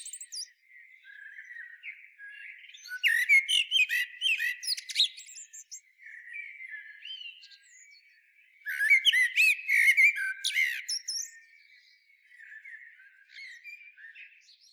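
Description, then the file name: Eurasian blackbird producing two loud bursts of rapid, scratchy clicks and whistles, with softer chattering before, between and after them. "Turdus merula"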